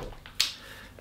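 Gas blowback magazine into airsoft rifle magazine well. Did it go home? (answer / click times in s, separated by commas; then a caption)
yes / 0.4 s. A Double Eagle gas blowback magazine, swapped over from another airsoft rifle, is pushed into the magazine well of a Noveske N4 MWS airsoft receiver; a faint tap at 0.3 s is followed by a sharp click at 0.4 s. The magazine latches correctly, with a little play left and right.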